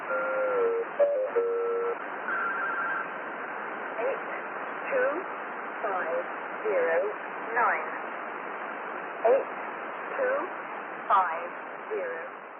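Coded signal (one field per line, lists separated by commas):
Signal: numbers station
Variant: E03A Cherry Ripe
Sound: short electronic tone melody, then short evenly spaced spoken words, roughly one per second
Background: radio static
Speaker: On the hour, the musical interval signal was played 12 times, followed by a 5-figure header read 10 times by a woman. This would be repeated for 10 minutes.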